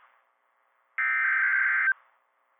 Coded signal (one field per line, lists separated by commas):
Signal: Emergency Alert System (SAME) tones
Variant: header bursts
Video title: MARCH MADNESS - EAS Alerts from 3/15-16/26 (EAS #701 - #725)